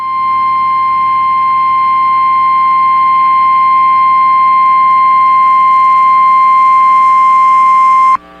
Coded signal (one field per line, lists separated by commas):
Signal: Emergency Alert System (SAME) tones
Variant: 1050 Hz attention tone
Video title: Severe Thunderstorm Warning on 550 KBOW-AM Butte, MT (7/1/25) (EAS #6,028)